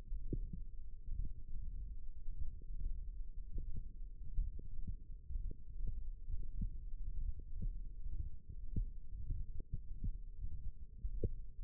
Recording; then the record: forearm muscle sounds (acoustic myography)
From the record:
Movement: radial deviation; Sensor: system 1, eight BSWA MPA416 microphones around the upper forearm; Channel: 2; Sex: male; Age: 21 years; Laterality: right